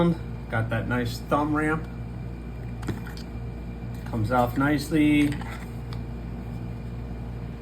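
Someone talks while handling a fixed-blade knife with its kydex sheath after it has been drawn, with a few faint handling ticks between the words. The knife has not yet been pushed back home, and nothing has seated or clicked into the sheath yet.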